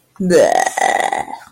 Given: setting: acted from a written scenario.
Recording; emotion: vocal sound without words; disgust